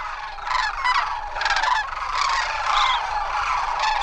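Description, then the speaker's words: Sandhill cranes calling in a dense chorus: many overlapping rolling, rattling calls form a continuous, clamorous wall of sound. Thousands of birds in wetlands around Gustavus in fall; a critical habitat area serving as a resting place on their migration route. "That's the sound of thousands of sandhill cranes."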